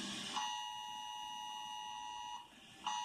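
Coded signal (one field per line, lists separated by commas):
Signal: Emergency Alert System (SAME) tones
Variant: 853 and 960 Hz attention tone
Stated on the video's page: National EAS test that failed.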